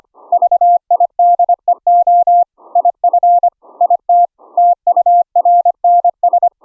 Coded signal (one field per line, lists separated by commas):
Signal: Morse code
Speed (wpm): 25 wpm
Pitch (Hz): 700 Hz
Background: none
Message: VIDEO IF IT TURNS